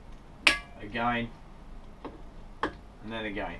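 A torque driver tightens the next scope rail screw into a rifle receiver until its clutch clicks at the set torque, with a sharp click at 0.5 s. Two softer sharp clicks follow at about 2.0 s and 2.6 s while someone talks.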